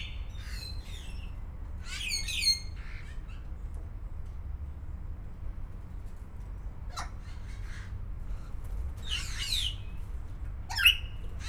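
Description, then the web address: Grey parrot giving harsh, harmonic squawks in the first few seconds, then a few scattered calls later, over a steady low background hum. Captive individual in a zoo in Szeged, Hungary, recorded in 2011. "szegedizoo 2011 jakopapagaj"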